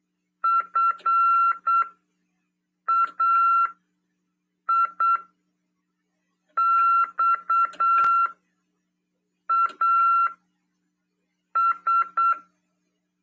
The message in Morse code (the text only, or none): FAIXAS